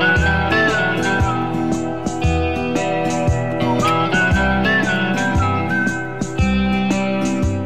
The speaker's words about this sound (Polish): Takich przykładów można by mnożyć, tylko naprawdę ważne jest to, żeby to gwizdanie było czyste. Moim zdaniem, jeżeli ktoś nie umie śpiewać, to gwizdanie też mu nie wyjdzie.